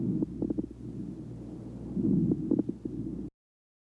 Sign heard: Coarse Crackles.